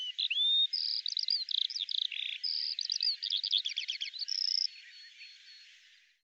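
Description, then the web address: Bird song with steady whistled tones alternating with fast stuttering trills and chirps, then fading away at the end. "Deverinetal 2025 File cleaned normalized Bird Al Ar"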